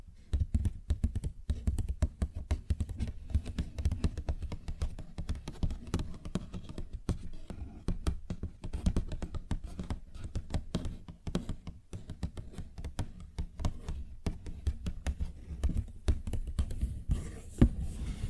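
Fingers tap and scratch on a paper bag in dense, irregular bursts of dry clicks and crinkly rustles throughout. A low muffled thump underlies the taps, and the activity stays busy with brief lulls, ending in one sharper tap near the close.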